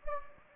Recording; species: mosquito wingbeat signal from an infrared sensor; Anopheles gambiae